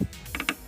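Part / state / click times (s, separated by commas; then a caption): diesel fuel filter housing screwed into the filter base of a pickup truck / seated / 0.4 s, 0.5 s. A diesel fuel filter housing on a Toyota Vigo pickup truck, refitted with a new filter element after the old one clogged and lit a dashboard warning light, is twisted back into its filter base by hand. Three short, sharp clicks sound at about 0.4 s, 0.4 s and 0.5 s, the last one loudest, as the housing clicks tight and is seated.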